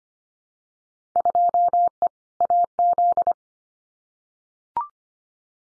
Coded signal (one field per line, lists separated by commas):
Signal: Morse code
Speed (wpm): 25 wpm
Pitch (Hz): 700 Hz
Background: none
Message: 2E AZ